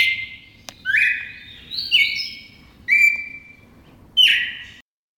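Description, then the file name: Red-crested cardinal song, several loud whistled phrases roughly a second apart, each a bright held note, some sliding slightly upward or downward. Song variation 4. "suara kicauan burung red crested cardinal. omkicau"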